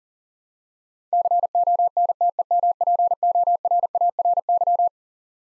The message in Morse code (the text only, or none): CONTEMPORARY